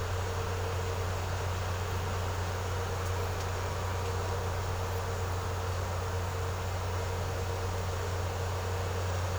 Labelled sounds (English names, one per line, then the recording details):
none
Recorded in secondary vegetation near Puerto Asís, Putumayo, Colombia, on 4 March 2025 at 14:30
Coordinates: 0.468, -76.324
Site G059